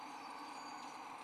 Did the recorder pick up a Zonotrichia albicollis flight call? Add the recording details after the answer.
no. No flight call is heard. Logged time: 21:38 on 17 December 2014